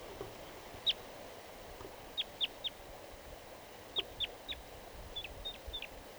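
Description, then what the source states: Crossbill giving short, sharp, high notes in scattered bursts, single and in pairs, over steady background noise. Wild crossbill singing in a tree behind the net during a netting session.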